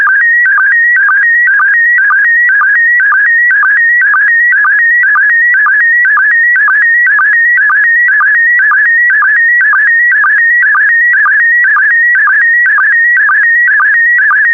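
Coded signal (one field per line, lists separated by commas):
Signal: SSTV (slow-scan television)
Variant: PD120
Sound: continuous warbling whistle near 2 kHz, interrupted by short low chirps about twice a second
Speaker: that concludes the daily transmission of slow scan tv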